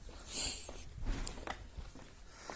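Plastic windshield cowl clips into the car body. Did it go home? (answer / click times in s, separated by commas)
yes / 1.3 s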